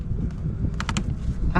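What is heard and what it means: An RV sewer hose bayonet fitting is twisted onto the black water outlet of a 2011 Thor Four Winds Hurricane 32A and tightened until it clicks home. Sharp clicks come at 0.8, 0.9 and 1.0 seconds, with another at 1.6 seconds, over steady low-frequency outdoor rumble. The fitting is seated.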